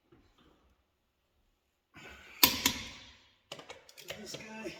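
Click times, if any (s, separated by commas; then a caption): 2.4 s, 2.7 s. A click-type torque wrench is pulled on the next lug nut of a pickup wheel in a star pattern until it clicks, giving a sharp double click at 2.4 and 2.7 seconds. Someone talks before and after the click.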